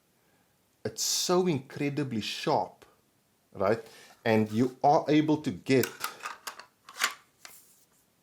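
A handgun fitted with a weapon light is handled at a molded kydex holster with sharp molding on the back that gives the retention click, while someone talks. Several short sharp handling sounds come near the end, between about 6.5 and 7.5 seconds. Nothing has seated or clicked into place yet.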